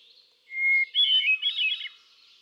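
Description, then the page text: Hermit thrush song starting on a low sustained whistle, then breaking into tumbling, reedy flute phrases that waver up and down. Male singing, cycling through a repertoire of about ten different songs; recorded 13 June 2006 at Quabbin Park, Ware, Massachusetts. "Birdsong for the Curious Naturalist. Hermit thrush"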